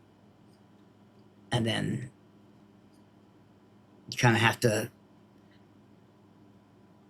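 A plastic tab on a Hasbro Transformers Studio Series 86 Constructicon Bonecrusher action figure is being moved around to line it up with its slot. Someone talks in two short bursts, around 1.5–2.1 s and 4.1–4.9 s, over a quiet, steady low background with no hits. The tab has not snapped in yet.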